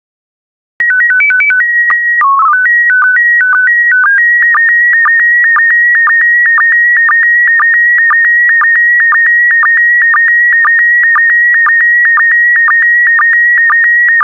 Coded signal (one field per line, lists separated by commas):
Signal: SSTV (slow-scan television)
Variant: PD 120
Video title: 8143 Birds Volume II SSTV PD120